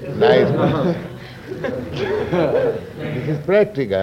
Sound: laughter

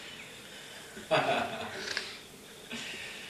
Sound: laughs

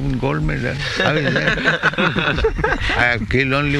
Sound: laughter

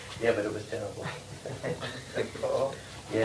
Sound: laughter

